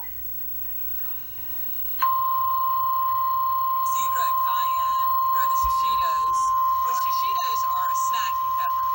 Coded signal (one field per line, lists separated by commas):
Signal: Emergency Alert System (SAME) tones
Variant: 853 and 960 Hz attention tone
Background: speech